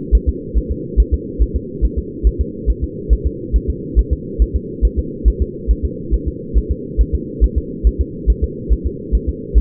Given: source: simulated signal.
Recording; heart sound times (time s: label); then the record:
fetal heart sounds
0.15 s: S1
0.29 s: S2
0.58 s: S1
0.72 s: S2
1.00 s: S1
1.14 s: S2
1.42 s: S1
1.56 s: S2
1.85 s: S1
1.99 s: S2
2.27 s: S1
2.41 s: S2
2.70 s: S1
2.84 s: S2
3.13 s: S1
3.27 s: S2
3.56 s: S1
3.70 s: S2
3.99 s: S1
4.13 s: S2
4.42 s: S1
4.56 s: S2
4.85 s: S1
4.99 s: S2
5.28 s: S1
5.42 s: S2
5.71 s: S1
5.85 s: S2
6.14 s: S1
6.28 s: S2
6.58 s: S1
6.71 s: S2
7.01 s: S1
7.15 s: S2
7.44 s: S1
7.58 s: S2
7.87 s: S1
8.01 s: S2
8.30 s: S1
8.44 s: S2
8.73 s: S1
8.87 s: S2
9.15 s: S1
9.29 s: S2
9.58 s: S1
From the record:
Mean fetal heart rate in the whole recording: 140 bpm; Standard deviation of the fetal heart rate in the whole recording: 2 bpm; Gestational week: 34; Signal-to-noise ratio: -4.1 dB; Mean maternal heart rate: no maternal heart sound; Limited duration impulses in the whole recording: absent